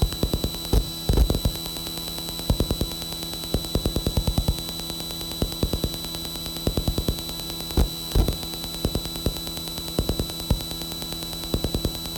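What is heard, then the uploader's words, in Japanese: A computer drive ripping a CD, with a steady hiss and a faint high whine running throughout. Short bursts of low clicking and ticking come in irregular clusters every second or so, with a few louder knocks near one, two and eight seconds. CDリッピング。外付けドライブで読み込んでいたらスピーカーから滅茶苦茶カッコいいノイズが出るのでオーディオ・インターフェイスのライン出力を録ってしまいました（どこの段階でノイズが混入しているかは不明）。音声フォーマット：256kbps/ 48kHz ステレオmp3。レコーダー：TASCAM Portacapture X8（32bit float/ 96kHz収録）。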